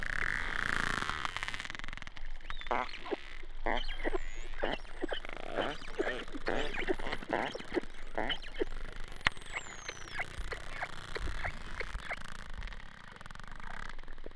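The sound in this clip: Bottlenose dolphin sounds: dense trains of clicks and pulses, with several thin high whistles sweeping downward, over constant low water noise.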